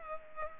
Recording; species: mosquito wingbeat signal from an infrared sensor; Culex pipiens